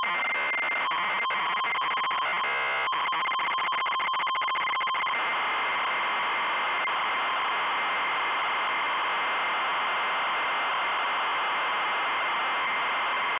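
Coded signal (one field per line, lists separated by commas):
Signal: ZX Spectrum tape loading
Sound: rapid buzzing square-wave pulses for five seconds, then steady harsh hiss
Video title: Rainbow Beer Megademo Tape Loading Example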